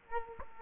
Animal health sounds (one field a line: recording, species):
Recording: mosquito wingbeat signal from an infrared sensor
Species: Culex quinquefasciatus